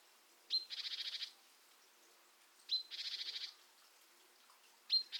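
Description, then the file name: Great tit giving buzzy calls: a thin high note followed by a rapid pulsing churr, repeated about every two seconds, with a quiet background. "Parus major"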